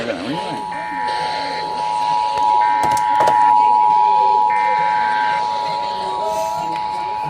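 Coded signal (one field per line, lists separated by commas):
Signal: Emergency Alert System (SAME) tones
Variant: 853 and 960 Hz attention tone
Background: speech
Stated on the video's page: Compilation of 48 EAS alerts, recorded with a phone.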